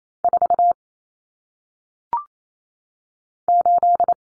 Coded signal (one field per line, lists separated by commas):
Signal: Morse code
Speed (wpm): 28 wpm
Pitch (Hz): 700 Hz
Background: none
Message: 4 8